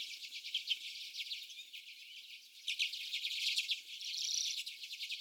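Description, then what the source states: Common redpolls twittering, a busy overlapping chatter that grows louder in the second half, with a brief clearer twitter near the end. More than one common redpoll.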